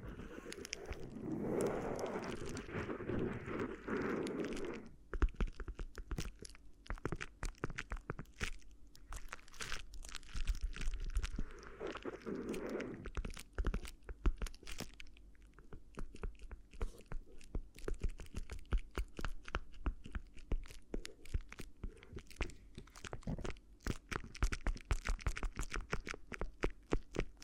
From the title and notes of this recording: ASMR Addictive Crinkly Ear Massage (No Talking).